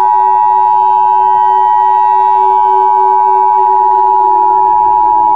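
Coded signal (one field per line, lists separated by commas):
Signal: Emergency Alert System (SAME) tones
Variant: 853 and 960 Hz attention tone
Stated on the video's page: Fictional EAS scenario alert about a nextbot invasion.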